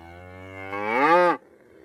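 Cow mooing once, a low nasal moo that rises and grows louder before cutting off abruptly after little more than a second.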